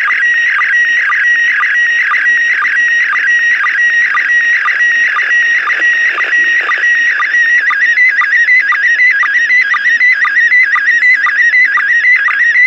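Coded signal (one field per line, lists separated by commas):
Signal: SSTV (slow-scan television)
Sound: continuous warbling electronic tone with a steady short low blip about twice a second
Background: radio hiss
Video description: Foi capturado áudio da transmissão em SSTV da ISS e registrado em vídeo. Deste áudio, via aplicação RX-SSTV, se decodificou a imagem.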